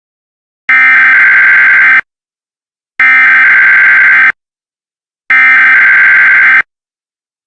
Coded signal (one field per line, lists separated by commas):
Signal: Emergency Alert System (SAME) tones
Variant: header bursts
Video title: EAS Scenario #5: Attack on Apple Park